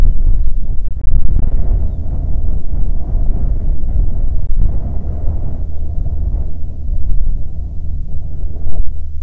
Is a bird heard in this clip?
yes